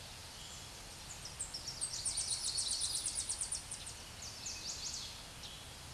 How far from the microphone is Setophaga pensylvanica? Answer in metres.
about 40 m